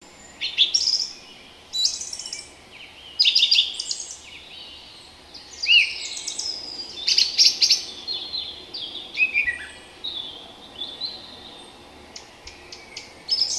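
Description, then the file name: Song thrush song: a string of varied phrases, some sharp and scratchy, others whistled and clear, with brief pauses between. "turdus philomelos"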